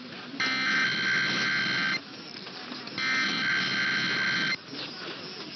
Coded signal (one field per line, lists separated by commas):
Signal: Emergency Alert System (SAME) tones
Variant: header bursts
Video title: Early March Weekend Tests (EAS #16402-16407) 3/2-3/24